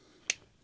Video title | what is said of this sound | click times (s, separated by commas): Monday's Tool Haul #28 Cool Wera tool | you can hear it click. | 0.3 s